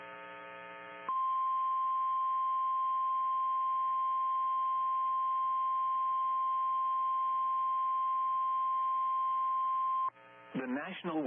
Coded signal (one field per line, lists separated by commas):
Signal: Emergency Alert System (SAME) tones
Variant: 1050 Hz attention tone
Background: speech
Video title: EAS Timeline: Deadly Derecho Strikes Downtown Sioux Falls, South Dakota NOAA Weather Radio